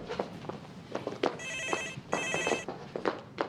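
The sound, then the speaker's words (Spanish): A household telephone rings with a call from a child's school, twice in short electronic bursts of bright, high, buzzing tones, separated by a brief pause, while scattered knocks and footstep-like thuds continue underneath. “Ay, el teléfono.”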